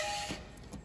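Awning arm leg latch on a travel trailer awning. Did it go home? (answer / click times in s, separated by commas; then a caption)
no / none. A metal awning arm on a 2021 RPOD 190 travel trailer is turned so its leg latch is on the inside and the leg is extended, ready to be locked into place. A broad hiss fades after a dull low thump near 0.3 s, and a brief sharp tap sounds at 0.7 s. Nothing has seated or clicked yet.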